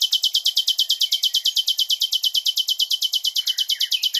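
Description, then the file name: Common nightingale song: a steady, rapid string of identical loud notes throughout the short stretch, with faint softer notes beneath. "Luscinia megarhynchos"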